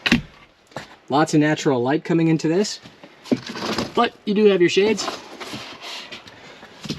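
A storage cabinet door in a 2024 Midwest Automotive Designs Legend FSL Luxury B-Van is closed, and its latch snaps into the wooden cabinet frame with a sharp wooden knock at 0.1 s. The latch seats and locks in place so nothing bounces around while the van is on the move. Someone then talks.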